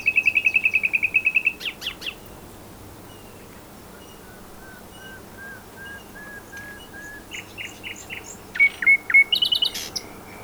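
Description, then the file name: Common nightingale song opening with a rapid run of repeated notes, followed by soft quiet notes, then a loud fast series of chirps and a buzzy flourish. "Luscinia megarhynchos"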